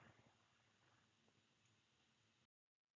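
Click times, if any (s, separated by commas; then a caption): none. A plastic connector housing is slid up onto the contact carrier of a field-wireable trunk cable connector, with steady broadband hiss and low handling rumble for about 2.5 seconds before the sound cuts abruptly to near silence with a few faint ticks. Nothing has clicked or seated yet.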